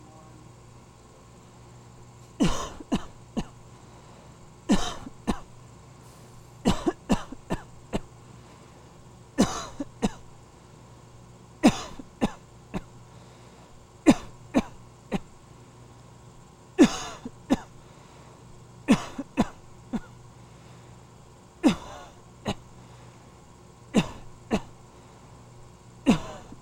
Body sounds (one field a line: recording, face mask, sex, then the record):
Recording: voluntary coughing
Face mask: surgical mask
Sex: male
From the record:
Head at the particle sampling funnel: tilted down, bridge of the nose in front of it